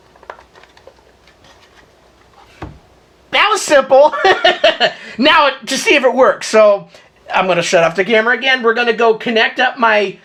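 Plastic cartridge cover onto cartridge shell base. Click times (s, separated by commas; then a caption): 0.3 s. The plastic cover of a Sord M5 multicart cartridge shell is pressed onto its base over the PCB and snaps into place with a sharp click at 0.3 s, surrounded by a few smaller clicks. The cover is seated, and then someone talks.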